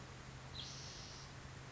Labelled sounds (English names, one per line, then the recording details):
Spotted Towhee
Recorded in Sonoma County, California